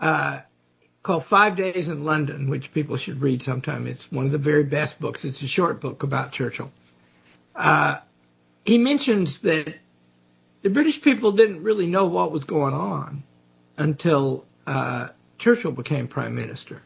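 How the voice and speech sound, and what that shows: A man, a guest historian, speaks clearly and fluently in a small room, recommending a short book about Churchill and the British public's awareness before he became prime minister. Natural pitch variation, steady rate and a few thinking pauses; ordinary speech with no voice or articulation problems.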